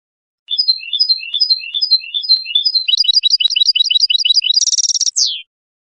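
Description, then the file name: European goldfinch song, repeated rising-falling whistled notes that quicken into a rapid series, then a dense buzzy trill and a closing slurred note. "audio burung goldfinch"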